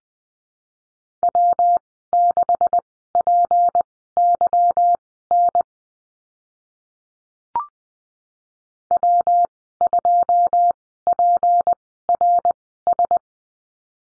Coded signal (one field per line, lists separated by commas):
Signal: Morse code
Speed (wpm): 20 wpm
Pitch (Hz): 700 Hz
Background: none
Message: W6PYN W2PRS